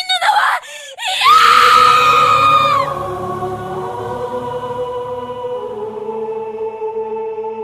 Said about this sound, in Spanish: Asuka, en cambio, no quiere morir. Lo grita de forma muy enfática.